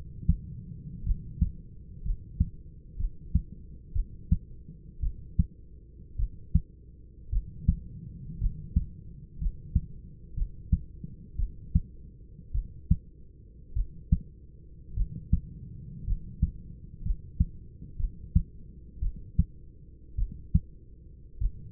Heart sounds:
heart sounds by stethoscope; 56 bpm
1.04 s: heartbeat
2.03 s: heartbeat
2.97 s: heartbeat
3.93 s: heartbeat
5.01 s: heartbeat
6.17 s: heartbeat
7.30 s: heartbeat
8.39 s: heartbeat
9.39 s: heartbeat
10.35 s: heartbeat
11.37 s: heartbeat
12.52 s: heartbeat
13.74 s: heartbeat
14.95 s: heartbeat
16.05 s: heartbeat
17.03 s: heartbeat
17.97 s: heartbeat
19.00 s: heartbeat
20.16 s: heartbeat
21.39 s: heartbeat
From the record:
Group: healthy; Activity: rest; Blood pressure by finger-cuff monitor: 144/61 mmHg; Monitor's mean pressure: 86 mmHg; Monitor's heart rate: 55 bpm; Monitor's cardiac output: 6.5 L/min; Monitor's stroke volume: 117 mL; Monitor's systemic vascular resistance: 980 dyn s/cm5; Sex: male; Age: 25 years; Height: 170 cm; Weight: 70.4 kg

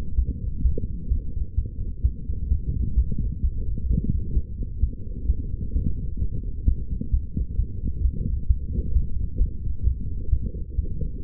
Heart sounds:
heart sounds by stethoscope; 130 bpm
0.16 s: heartbeat
0.63 s: heartbeat
1.09 s: heartbeat
1.56 s: heartbeat
2.03 s: heartbeat
2.49 s: heartbeat
2.95 s: heartbeat
3.42 s: heartbeat
3.88 s: heartbeat
4.34 s: heartbeat
4.81 s: heartbeat
5.27 s: heartbeat
5.73 s: heartbeat
6.19 s: heartbeat
6.65 s: heartbeat
7.11 s: heartbeat
7.57 s: heartbeat
8.02 s: heartbeat
8.48 s: heartbeat
8.93 s: heartbeat
9.39 s: heartbeat
9.85 s: heartbeat
10.30 s: heartbeat
10.76 s: heartbeat
11.22 s: heartbeat
From the record:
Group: healthy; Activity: light exercise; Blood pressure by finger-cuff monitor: 133/95 mmHg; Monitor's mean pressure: 110 mmHg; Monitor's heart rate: 129 bpm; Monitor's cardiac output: 8.6 L/min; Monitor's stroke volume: 67 mL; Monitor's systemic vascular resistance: 950 dyn s/cm5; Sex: female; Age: 22 years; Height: 161 cm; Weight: 65.5 kg

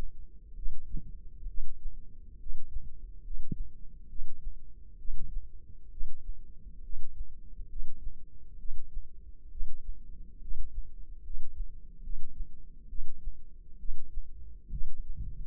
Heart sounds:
heart sounds by microphone in the left ear; 68 bpm
0.55 s: heartbeat
1.47 s: heartbeat
2.39 s: heartbeat
3.23 s: heartbeat
4.08 s: heartbeat
4.97 s: heartbeat
5.90 s: heartbeat
6.82 s: heartbeat
7.68 s: heartbeat
8.58 s: heartbeat
9.50 s: heartbeat
10.40 s: heartbeat
11.22 s: heartbeat
12.02 s: heartbeat
12.88 s: heartbeat
13.78 s: heartbeat
14.70 s: heartbeat
From the record:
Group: healthy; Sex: female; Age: 19 years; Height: 163 cm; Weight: 51 kg

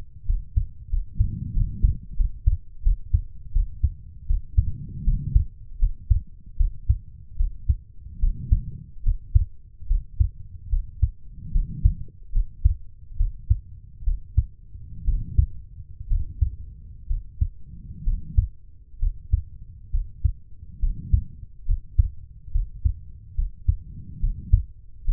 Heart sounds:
heart sounds by stethoscope; 73 bpm
0.25 s: heartbeat
0.89 s: heartbeat
1.53 s: heartbeat
2.16 s: heartbeat
2.82 s: heartbeat
3.52 s: heartbeat
4.26 s: heartbeat
5.04 s: heartbeat
5.79 s: heartbeat
6.56 s: heartbeat
7.36 s: heartbeat
8.19 s: heartbeat
9.03 s: heartbeat
9.87 s: heartbeat
10.69 s: heartbeat
11.51 s: heartbeat
12.32 s: heartbeat
13.16 s: heartbeat
14.03 s: heartbeat
15.04 s: heartbeat
16.07 s: heartbeat
17.06 s: heartbeat
18.03 s: heartbeat
18.99 s: heartbeat
19.90 s: heartbeat
20.79 s: heartbeat
21.65 s: heartbeat
22.51 s: heartbeat
23.34 s: heartbeat
24.19 s: heartbeat
25.04 s: heartbeat
From the record:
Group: healthy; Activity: rest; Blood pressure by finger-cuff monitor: 110/75 mmHg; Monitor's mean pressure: 84 mmHg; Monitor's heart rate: 72 bpm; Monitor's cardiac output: 5.3 L/min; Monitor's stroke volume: 72 mL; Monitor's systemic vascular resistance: 1160 dyn s/cm5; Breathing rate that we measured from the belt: 18 breaths a minute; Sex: female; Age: 23 years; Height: 160 cm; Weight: 50.4 kg

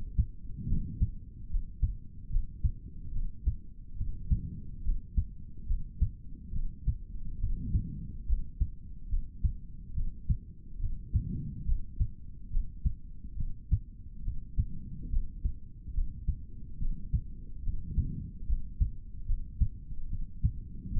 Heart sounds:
heart sounds by stethoscope; 71 bpm
0.67 s: heartbeat
1.49 s: heartbeat
2.30 s: heartbeat
3.12 s: heartbeat
3.96 s: heartbeat
4.83 s: heartbeat
5.67 s: heartbeat
6.52 s: heartbeat
7.39 s: heartbeat
8.26 s: heartbeat
9.09 s: heartbeat
9.94 s: heartbeat
10.79 s: heartbeat
11.65 s: heartbeat
12.50 s: heartbeat
13.36 s: heartbeat
14.23 s: heartbeat
15.10 s: heartbeat
15.93 s: heartbeat
16.78 s: heartbeat
17.62 s: heartbeat
18.46 s: heartbeat
19.26 s: heartbeat
20.08 s: heartbeat
20.92 s: heartbeat
From the record:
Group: healthy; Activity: cold pressor test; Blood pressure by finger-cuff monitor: 108/57 mmHg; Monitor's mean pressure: 72 mmHg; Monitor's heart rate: 71 bpm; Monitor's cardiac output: 4.2 L/min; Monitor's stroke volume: 58 mL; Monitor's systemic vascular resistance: 1200 dyn s/cm5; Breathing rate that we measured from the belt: 17 breaths a minute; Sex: male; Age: 55 years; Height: 167 cm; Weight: 57.2 kg

